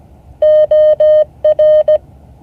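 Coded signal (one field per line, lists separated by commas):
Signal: Morse code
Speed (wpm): 17 wpm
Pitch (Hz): 610 Hz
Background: none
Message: OR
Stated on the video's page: Morse code class session.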